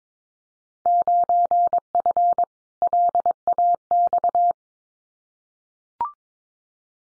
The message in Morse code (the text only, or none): 9F LAX